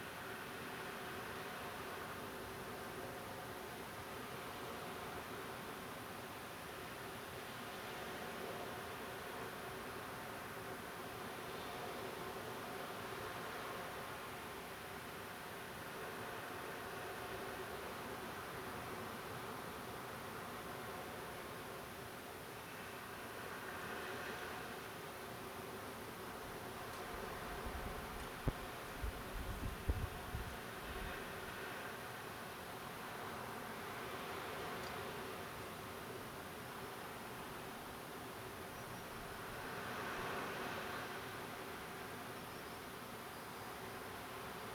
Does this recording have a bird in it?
yes